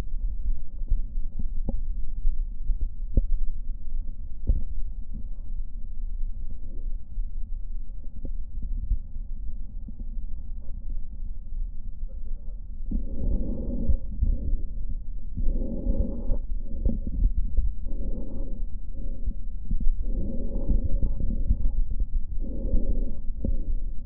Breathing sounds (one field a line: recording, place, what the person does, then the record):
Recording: lung sounds by stethoscope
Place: left posterior basal chest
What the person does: quiet breathing, then deep breathing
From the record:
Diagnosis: none (healthy)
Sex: male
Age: 29 years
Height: 180 cm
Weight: 100 kg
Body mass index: 30.9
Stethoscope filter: diaphragm mode